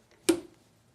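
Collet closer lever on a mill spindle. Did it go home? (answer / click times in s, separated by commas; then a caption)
yes / 0.3 s. On a milling machine, the quick-change collet closer is tightened and its lever is pulled up until it snaps over, locking the collet in the spindle. A faint tick at 0.1 s comes first, then a sharp, bright snap at 0.3 s with a short low ring that fades over about a quarter second. The lever is snapped locked and the collet is seated.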